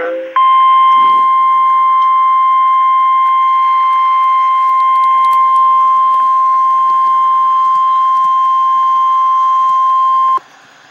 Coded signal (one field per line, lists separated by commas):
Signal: Emergency Alert System (SAME) tones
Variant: 1050 Hz attention tone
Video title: REAL EAS 669-Severe thunderstorm watch